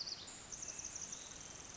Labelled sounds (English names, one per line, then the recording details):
Pacific Wren
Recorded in Sonoma County, California